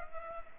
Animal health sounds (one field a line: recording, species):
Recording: mosquito wingbeat signal from an infrared sensor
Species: Culex pipiens